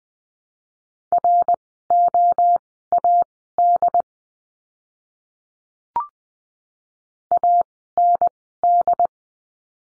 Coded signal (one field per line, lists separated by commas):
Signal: Morse code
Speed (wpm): 19 wpm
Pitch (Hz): 700 Hz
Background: none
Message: ROAD AND